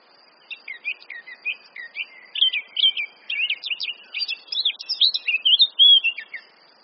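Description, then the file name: Eurasian blackcap song: rapid scratchy warbling phrases that grow louder and end in clearer fluty notes, over a faint steady high-pitched hum. "Sylvia atricapilla"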